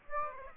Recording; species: mosquito wingbeat signal from an infrared sensor; Aedes aegypti